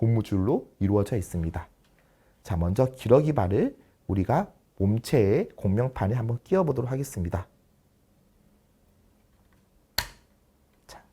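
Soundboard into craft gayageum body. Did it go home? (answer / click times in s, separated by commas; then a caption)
yes / 10.0 s. In a classroom gayageum-making craft demonstration, someone talks while fitting the resonance board (soundboard) into the craft gayageum body. After a pause, the board seats with one sharp snap at 10.0 s, confirming it is in, followed by a faint later tick.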